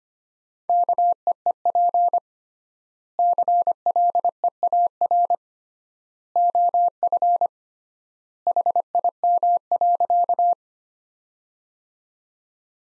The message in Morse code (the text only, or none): KEEP CLEAR OF HIM.